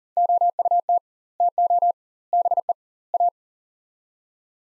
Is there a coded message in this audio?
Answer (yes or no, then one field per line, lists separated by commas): yes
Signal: Morse code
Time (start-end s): 0.2-3.3 s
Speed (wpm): 40 wpm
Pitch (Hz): 700 Hz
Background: none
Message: OUT TO BE A